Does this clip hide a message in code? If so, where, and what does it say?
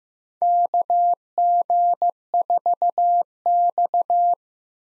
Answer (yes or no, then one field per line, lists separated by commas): yes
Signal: Morse code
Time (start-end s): 0.4-4.3 s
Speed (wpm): 15 wpm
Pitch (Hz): 700 Hz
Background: none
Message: KG4X